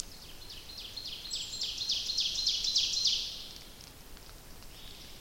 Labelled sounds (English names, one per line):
Ovenbird song